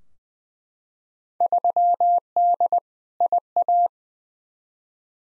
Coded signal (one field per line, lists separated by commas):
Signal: Morse code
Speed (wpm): 20 wpm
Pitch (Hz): 700 Hz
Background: none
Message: 3D IA